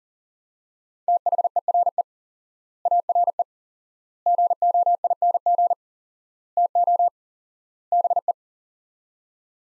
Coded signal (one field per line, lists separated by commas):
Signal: Morse code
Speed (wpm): 40 wpm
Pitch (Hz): 700 Hz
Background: none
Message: THERE ARE GOING TO BE